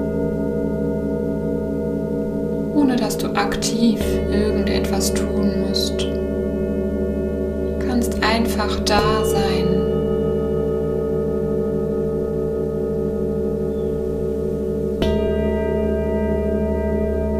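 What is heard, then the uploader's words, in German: Singing bowls ring with a steady, layered hum of sustained low and middle tones throughout. Bursts of speech-like activity with brighter clicks appear around 3–6 seconds and again near 8–10 seconds. A sharp strike near 15 seconds refreshes the ringing. Begleitet von den Schwingungen der Klangschalen.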